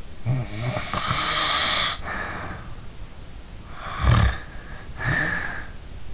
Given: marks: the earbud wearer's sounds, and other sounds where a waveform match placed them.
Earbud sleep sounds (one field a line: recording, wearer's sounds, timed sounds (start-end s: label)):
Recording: sounds in sleep by an in-ear microphone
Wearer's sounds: snoring breath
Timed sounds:
0.23-2.81 s: snoring breath
3.72-5.77 s: snoring breath